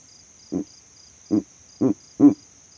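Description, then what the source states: Verreaux's eagle owl uttering four deep, grunting hoots, the last the strongest, against a constant high insect buzz. Male advertising his territory from a tree in savanna; the overnight recording rig was set up in that same tree.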